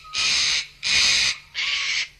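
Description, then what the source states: Eclectus parrot giving three loud, harsh, raspy screeches, each about half a second long, separated by short pauses. Native to lowland rainforests of New Guinea and nearby areas; males gather in small flocks and bring food to the female.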